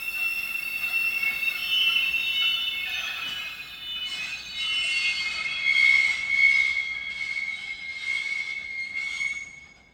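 A train rolls along with a steady low rumble while its wheels squeal in sustained high-pitched tones that waver and swell, rising loudest midway before easing off at the end.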